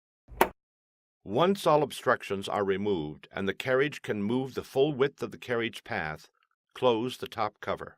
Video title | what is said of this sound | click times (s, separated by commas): Fixing a Paper Jam HP Officejet Pro 8000 Printer A809a HP | the cover over the far right compartment by sliding the cover to the left until it snaps into place firm pressure might be required | 0.4 s